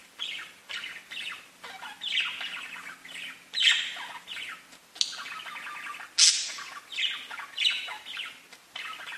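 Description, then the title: Budgerigar chatter of mixed squeaks, raspy chirps and sharp high notes over a faint low hum. "Budgie Sounds"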